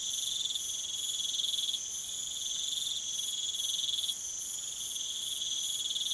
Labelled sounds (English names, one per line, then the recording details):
none
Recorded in pastures near Puerto Asís, Putumayo, Colombia, on 19 June 2025 at 01:30
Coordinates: 0.487, -76.322
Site H26